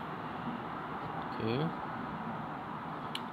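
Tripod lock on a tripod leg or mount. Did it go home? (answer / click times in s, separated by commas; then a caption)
yes / 3.2 s. A lock on a plastic Neepho multi-function tripod, on a tripod leg or mount, is closed so the part stays put. Someone talks over a steady background hum, and a single short, sharp tick is heard at 3.2 s as the lock snaps closed and seats.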